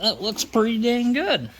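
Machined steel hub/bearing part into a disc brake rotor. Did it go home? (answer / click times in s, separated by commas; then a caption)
no / none. A machined steel hub/bearing part, its too-small inner diameter opened up on a lathe, is handled before going into the bore of a disc brake rotor for a 1976 AMC Gremlin disc brake conversion. Someone talks throughout. Nothing has seated yet.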